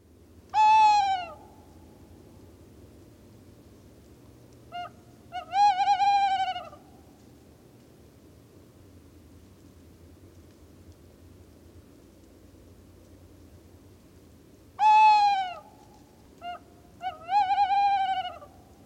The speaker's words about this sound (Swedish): Och då kan vi väl höra på kattugglan och låta den avsluta den här lilla fågelkavalkaden.